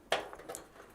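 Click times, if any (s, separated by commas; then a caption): none. A removable panel is handled against a steel and plastic Corsair 4000D Airflow ATX mid-tower PC case, with two small teeth hooked under its edge as it is pushed on. Brief handling knocks and scrapes are heard, the loudest at 0.1 s, with softer ones near 0.3 s and 0.6 s. The panel has not latched or seated yet.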